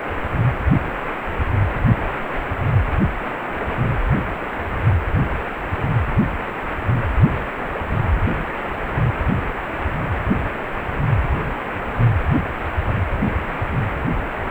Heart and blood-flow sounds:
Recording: Doppler ultrasound of blood flow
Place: precordium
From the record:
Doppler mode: pulsed wave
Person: healthy adult, 18 to 50 years, no heart murmur, not diving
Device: 2.5 MHz transducer

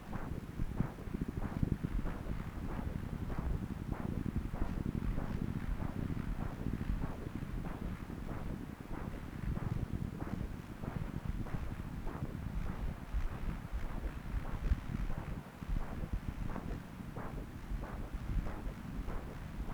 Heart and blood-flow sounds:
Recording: Doppler ultrasound of blood flow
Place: left subclavian vein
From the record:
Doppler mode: continuous wave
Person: adult scuba diver, at rest before a dive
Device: O'Dive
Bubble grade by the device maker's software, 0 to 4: 0

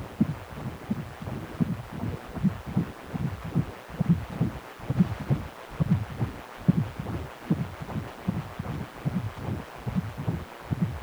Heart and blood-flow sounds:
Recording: Doppler ultrasound of blood flow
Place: precordium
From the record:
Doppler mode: continuous wave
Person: healthy adult, 18 to 50 years, no heart murmur, not diving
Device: 2.5 MHz transducer

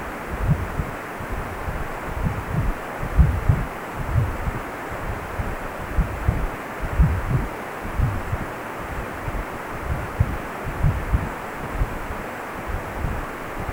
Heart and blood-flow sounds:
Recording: Doppler ultrasound of blood flow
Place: precordium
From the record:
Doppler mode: continuous wave and pulsed wave in the uncut recording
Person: healthy adult, 18 to 50 years, no heart murmur, not diving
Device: 2.5 MHz transducer

